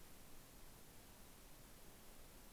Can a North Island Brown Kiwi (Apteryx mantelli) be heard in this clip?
no